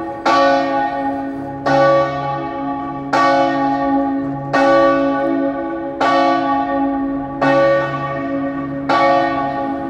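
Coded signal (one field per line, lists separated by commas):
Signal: bell signal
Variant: great bell, full swing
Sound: a single large church bell swinging, struck steadily about every 1.5 seconds, seven strokes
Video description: Battiore delle 15:00 e distesa del campanone per la Passione di Cristo del Venerdì (dura 1 minuto).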